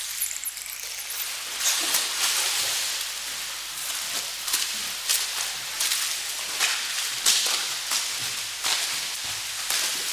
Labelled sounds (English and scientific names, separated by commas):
Bottlenose Dolphin (Tursiops truncatus) call